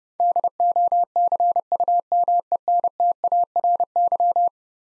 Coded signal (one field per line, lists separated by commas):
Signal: Morse code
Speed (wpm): 30 wpm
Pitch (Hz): 700 Hz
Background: none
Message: DOCUMENTARY